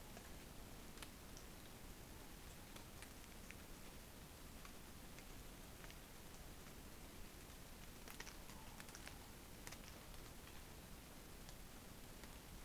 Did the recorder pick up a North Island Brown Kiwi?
no